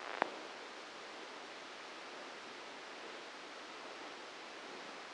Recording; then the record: brain microelectrode recording played as sound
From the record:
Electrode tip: inside the subthalamic nucleus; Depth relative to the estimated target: 1 mm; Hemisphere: left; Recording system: NeuroSet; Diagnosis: Parkinson's disease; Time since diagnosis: 8 years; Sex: male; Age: 59 years